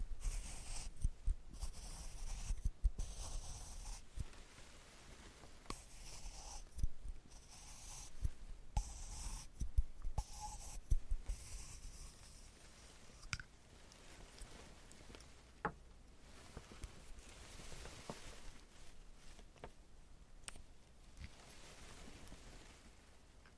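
Makeup sounds with tweezers and a curling iron: sharp little clicks and taps scattered throughout, with bursts of bright hiss and rustling crowding the first half. After about thirteen seconds it settles into quieter fiddling, with occasional clicks over a low steady hum.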